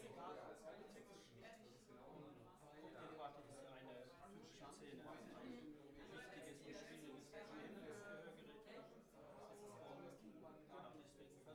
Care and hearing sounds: everyday scene through a hearing-aid microphone; many people talking; many voices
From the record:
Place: bistro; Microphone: behind the ear, right, rear

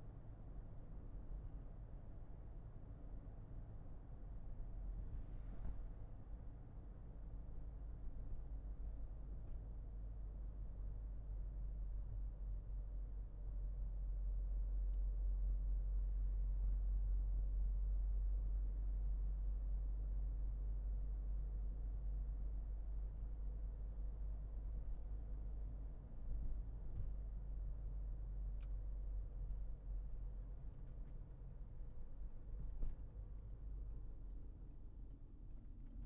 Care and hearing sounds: everyday scene through a hearing-aid microphone; in a vehicle; engine, highway driving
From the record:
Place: Berlingo II, diesel engine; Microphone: behind the ear, left, rear

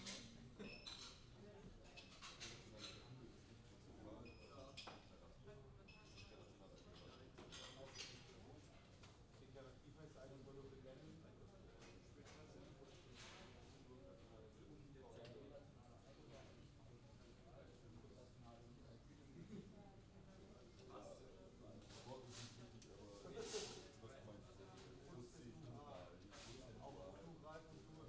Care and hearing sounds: everyday scene through a hearing-aid microphone; many people talking; many voices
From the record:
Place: university cafeteria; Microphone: in the ear canal, left

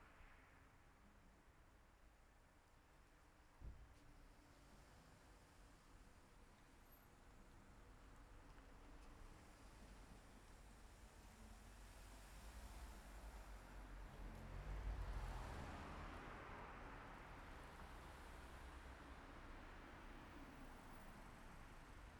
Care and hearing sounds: everyday scene through a hearing-aid microphone; in traffic; traffic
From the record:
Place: city secondary road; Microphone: behind the ear, left, rear

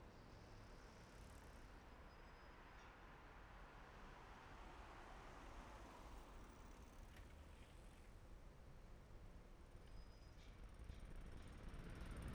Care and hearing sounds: everyday scene through a hearing-aid microphone; in traffic; traffic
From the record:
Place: main city hub, rush hour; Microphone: behind the ear, left, front

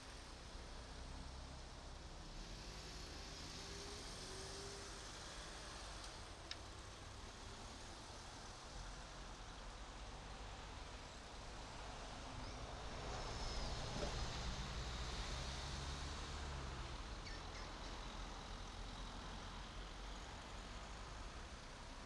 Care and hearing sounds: everyday scene through a hearing-aid microphone; in traffic; traffic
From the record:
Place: main road on the outskirts, rush hour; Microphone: in the ear canal, right

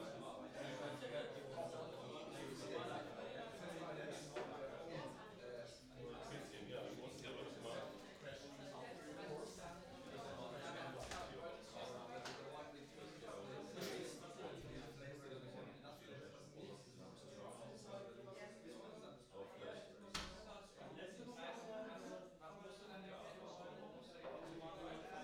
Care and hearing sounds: everyday scene through a hearing-aid microphone; many people talking; many voices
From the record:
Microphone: in the ear canal, right

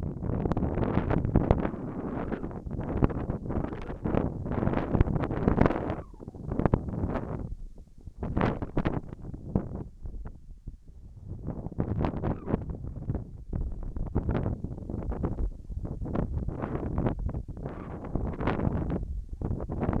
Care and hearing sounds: everyday scene through a hearing-aid microphone; wind on the microphone; wind, whistling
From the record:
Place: in front of a rural house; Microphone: behind the ear, left, front

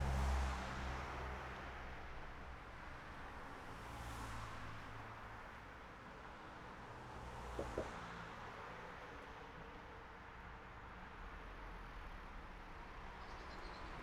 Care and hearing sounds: everyday scene through a hearing-aid microphone; in traffic; traffic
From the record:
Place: city secondary road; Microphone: behind the ear, right, front

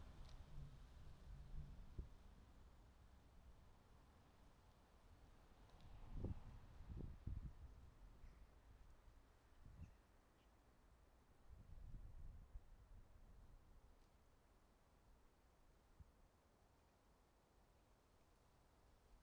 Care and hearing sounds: everyday scene through a hearing-aid microphone; wind on the microphone; wind, traffic, birds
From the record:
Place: suburban garden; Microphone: in the ear canal, right

